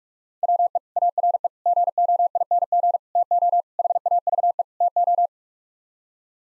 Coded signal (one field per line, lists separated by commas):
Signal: Morse code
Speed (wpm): 43 wpm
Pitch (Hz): 700 Hz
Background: none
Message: WE ARE GOING TO HAVE TO